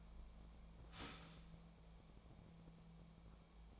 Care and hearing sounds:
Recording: daily activity, microphone in the room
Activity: start toaster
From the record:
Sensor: 1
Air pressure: 1000.3 hPa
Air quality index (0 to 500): 157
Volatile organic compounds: 3 ppm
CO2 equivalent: 1468 ppm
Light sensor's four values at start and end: 29/73/31/37 and 29/73/31/37

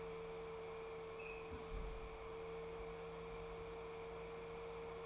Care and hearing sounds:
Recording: daily activity, microphone in the room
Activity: close fridge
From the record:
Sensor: 1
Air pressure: 1014.9 hPa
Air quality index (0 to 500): 191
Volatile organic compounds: 20 ppm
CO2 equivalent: 2706 ppm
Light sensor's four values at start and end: 12/31/12/14 and 13/33/14/16

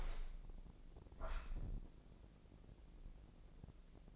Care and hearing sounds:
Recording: daily activity, microphone in the room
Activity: open window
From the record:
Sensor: 5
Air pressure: 1012.4 hPa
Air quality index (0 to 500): 160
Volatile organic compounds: 2 ppm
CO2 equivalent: 1080 ppm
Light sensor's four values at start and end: 67/163/66/70 and 68/163/67/71

